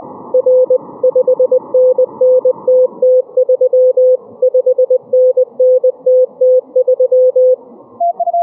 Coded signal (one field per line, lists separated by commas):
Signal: Morse code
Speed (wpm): 20 wpm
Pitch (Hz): 510 Hz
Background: none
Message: R 5NNTT3 5NNTT3